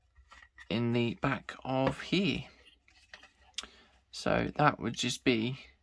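Someone talks while handling a plastic light panel board for a 1/8 scale Fast and Furious Dodge Charger model car, positioning it toward its mounting in the back of the part. A few faint, short handling taps occur between the speech, but nothing has seated or clicked into place yet.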